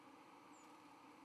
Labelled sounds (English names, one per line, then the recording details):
White-throated Sparrow flight call
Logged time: 07:00 on 31 October 2014